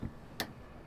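A motorhome window is pushed open, and the ratchet on its window stay gives a single sharp click at 0.4 s as it seats in its first hold position. The click holds the window out. A faint low thump is heard near the start, and otherwise the clip is quiet.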